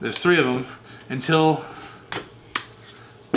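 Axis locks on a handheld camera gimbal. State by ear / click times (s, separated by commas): seated / 2.1 s, 2.6 s, 3.3 s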